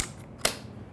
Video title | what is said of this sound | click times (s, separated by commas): Biscuit Joiners 101 | on this black reference plate which is included in the kit slides right in and locks locks in place then | 0.4 s